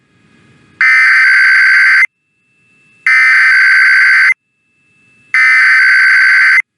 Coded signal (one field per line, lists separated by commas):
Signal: Emergency Alert System (SAME) tones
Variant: header bursts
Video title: Sacramento and IPAWS Tests (EAS #763-776) 11/4/24